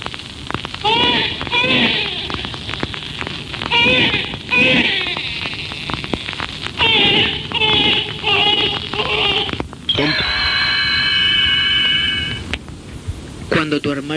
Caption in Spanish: Corresponde a un bebé normal con un peso al nacer de 5 kilos registro se realizó unos pocos minutos después del nacimiento. Apréciese la fortaleza y vigorosidad del llanto.